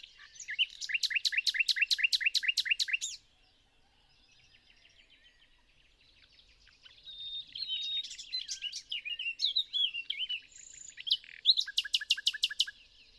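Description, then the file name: Common nightingale song: a fast run of repeated notes, a quiet pause, then varied whistles and chirps, ending in another rapid repeated burst. "Luscinia megarhynchos"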